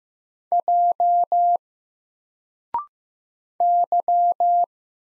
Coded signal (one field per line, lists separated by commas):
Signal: Morse code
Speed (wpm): 15 wpm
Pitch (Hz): 700 Hz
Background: none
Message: J Y